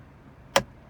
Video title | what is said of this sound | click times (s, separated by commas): Tesla Model x p90D review | clicks in place so it gives you that | 0.6 s